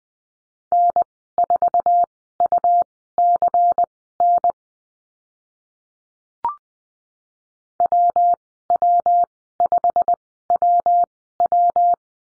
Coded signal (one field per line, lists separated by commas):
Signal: Morse code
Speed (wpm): 19 wpm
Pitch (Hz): 700 Hz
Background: none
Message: N4UCN WW5WW